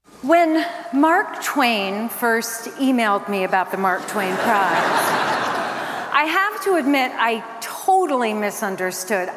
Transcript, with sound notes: When Mark Twain first emailed me about the Mark Twain Prize...
(LAUGHTER)
...I have to admit, I totally misunderstood.